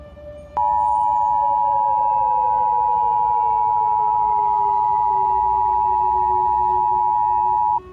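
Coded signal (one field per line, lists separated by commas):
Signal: Emergency Alert System (SAME) tones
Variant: 853 and 960 Hz attention tone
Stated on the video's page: Fictional EAS scenario.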